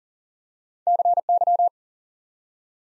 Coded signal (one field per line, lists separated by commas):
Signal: Morse code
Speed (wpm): 40 wpm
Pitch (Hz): 700 Hz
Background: none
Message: CY